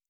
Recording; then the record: hydrophone in a shrimp aquaculture tank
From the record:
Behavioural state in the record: normal